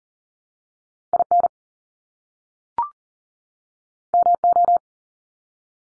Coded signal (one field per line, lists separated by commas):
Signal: Morse code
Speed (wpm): 40 wpm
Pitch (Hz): 700 Hz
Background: none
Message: IN MO